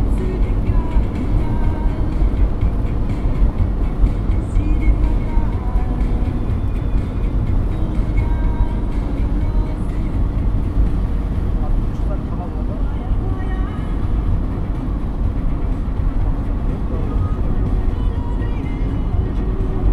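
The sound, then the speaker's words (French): Steady, heavy low rumble of a bus engine and tires on the road, heard from inside a bus travelling to Almaty, holding an even loudness throughout with faint, indistinct voices mixed into the drone. “D'Almaty dans le bus.”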